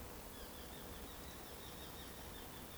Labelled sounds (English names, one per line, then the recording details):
Eurasian Woodcock whistle
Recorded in Baden-Württemberg, Germany, on 25 June 2020 at 19:39 UTC
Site 14569, 102 m above sea level